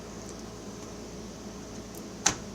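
A graphics card is pushed into a motherboard PCIe slot, with the slot's locking latches pulled back beforehand so they can lock into place. After a low steady background hum, a single sharp click sounds at 2.3 s as the card seats in the slot.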